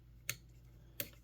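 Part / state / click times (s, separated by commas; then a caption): plastic shoulder joints on an action figure's torso / seated / 0.3 s, 1.0 s. The plastic arms of a Transformers Studio Series Ultra Magnus action figure are brought back and both plastic shoulder joints on the torso are locked into place. Two loud, sharp plastic clicks ring out at 0.3 s and 1.0 s, one for each shoulder, over a quiet background. Both shoulders are seated.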